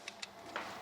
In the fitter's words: You hear it click,